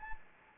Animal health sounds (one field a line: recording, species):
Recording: mosquito wingbeat signal from an infrared sensor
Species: Anopheles gambiae